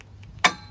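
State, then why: Seated. A new steel-backed disc brake pad is pressed down into the groove of the caliper bracket's abutment clips on a 2008 Jeep Wrangler JK/JKU. After a few faint ticks, a single sharp, bright click sounds at 0.5 s and quickly fades. The pad snaps into place and is seated flush.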